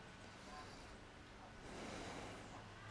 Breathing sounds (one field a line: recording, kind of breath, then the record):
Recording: one breath in and out by a microphone near the nose and mouth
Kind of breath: deep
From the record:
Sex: male